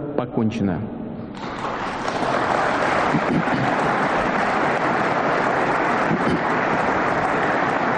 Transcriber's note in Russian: Аплодисменты